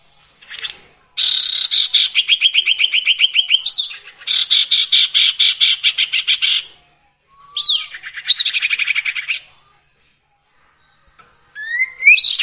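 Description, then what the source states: Sirtu song: rapid, high, buzzy trilled phrases repeated several times, with rising sweeps, and short gaps of silence. Training song for songbirds featuring the full variety of sirtu song phrases.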